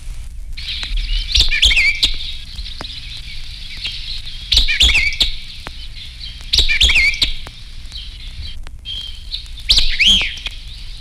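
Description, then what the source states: White-eyed Vireo song, four short rapid staccato phrases of sharp sweeping notes over a steady high hiss. Male; favours woodlands with brushy thickets; notes rapid, emphatic and staccato.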